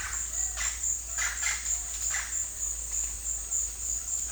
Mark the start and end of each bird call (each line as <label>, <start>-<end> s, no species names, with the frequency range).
bird call (0.7-3.4 kHz), 0.00-2.32 s